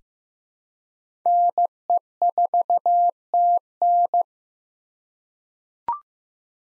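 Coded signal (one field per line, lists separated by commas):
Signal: Morse code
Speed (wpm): 15 wpm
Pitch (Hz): 700 Hz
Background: none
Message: NE4TN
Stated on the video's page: Morse code head-copy drill at 15 wpm of common SOTA chaser call signs, each sent, spoken, then sent again.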